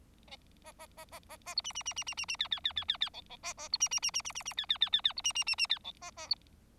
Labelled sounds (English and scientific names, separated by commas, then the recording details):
Bengalese Finch (Lonchura striata domestica) song
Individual Bird4